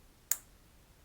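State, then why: Seated. A new replacement silicone ear tip is aligned and pushed with a finger onto the nozzle of an AirPods Pro 3 wireless earbud. A single sharp, bright click sounds at 0.3 s against a quiet background, with nothing else heard. The ear tip is seated on the earbud.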